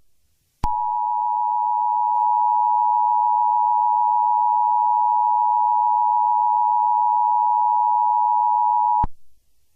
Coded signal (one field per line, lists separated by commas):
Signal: Emergency Alert System (SAME) tones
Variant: 853 and 960 Hz attention tone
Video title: EAS Scenario #97: Broken Days